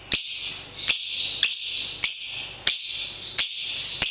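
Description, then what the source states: Lovebird song, a continuous shrill buzzy chatter broken by sharp click-like accents, roughly one every two-thirds of a second. National champion lovebird.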